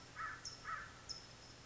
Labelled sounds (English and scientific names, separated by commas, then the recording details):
American Crow (Corvus brachyrhynchos)
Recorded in Sonoma County, California